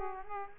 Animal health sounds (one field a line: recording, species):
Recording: mosquito wingbeat signal from an infrared sensor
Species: Aedes aegypti